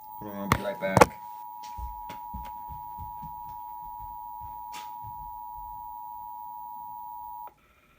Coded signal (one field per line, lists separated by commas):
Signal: Emergency Alert System (SAME) tones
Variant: 853 and 960 Hz attention tone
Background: speech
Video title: Tornado Warning EAS#174 on tv